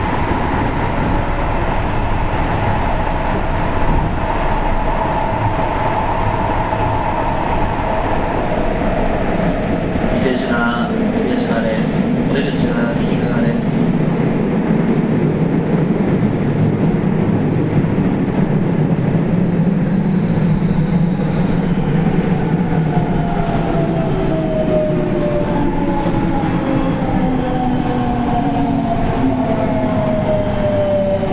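Running sound of a 207 series electric train, a steady dense rumble with a low droning hum throughout. Around ten seconds a brief clatter and hiss cut in, and from about twenty-five seconds a rising whine of the motors emerges.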